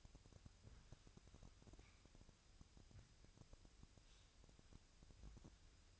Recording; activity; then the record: daily activity, microphone in the room; wipe stove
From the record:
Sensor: 2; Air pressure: 1001.5 hPa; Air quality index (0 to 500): 224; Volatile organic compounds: 24 ppm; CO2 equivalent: 2814 ppm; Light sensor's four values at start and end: 7/26/10/9 and 7/26/10/9